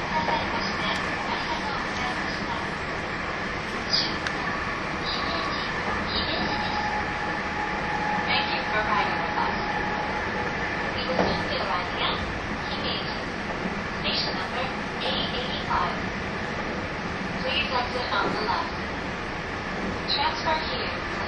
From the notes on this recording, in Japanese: 列車走行音